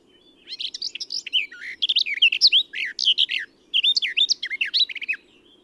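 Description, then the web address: Eurasian blackcap song: two rapid bursts of jumbled, sweet warbling notes, separated by a brief pause, with a soft low hum underneath. "SETE Sylvia atricapilla"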